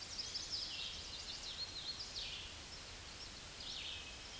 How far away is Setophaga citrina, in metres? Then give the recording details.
about 65 m. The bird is about 15 m above the microphone. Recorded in a Pennsylvania forest on 16 May 2024 at 07:09. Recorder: AudioMoth, point MSD-2201. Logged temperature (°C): 15.5 °C. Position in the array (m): 149 m, 116 m